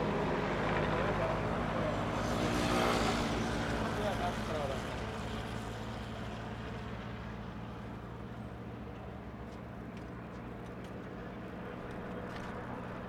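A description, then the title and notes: Scooter traffic rumbles past with a steady low engine drone and a thick wash of noise. A louder, brighter pass peaks around three seconds, then the sound settles into a quieter, even hum. Faint voices and small clicks sit in the background. Scooter Traffic.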